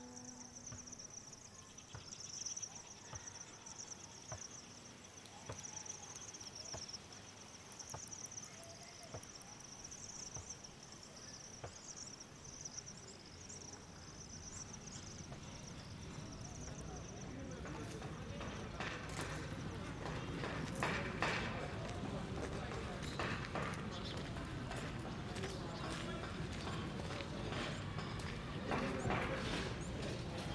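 An ambience with a steady high insect trill running through the first half, scattered clicks and knocks, and faint voices. Around the middle the scene grows denser and louder, with low rumbling, rustling and sharp bright ticks filling the second half.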